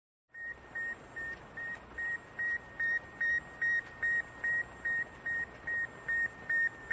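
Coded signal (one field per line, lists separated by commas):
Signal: radiosonde or satellite telemetry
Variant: Sputnik 1 beacon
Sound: steady train of about fifteen short high beeps, roughly two per second, over hiss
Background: radio static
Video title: Satellite Beep Sputnik sound effects Free Download YouTube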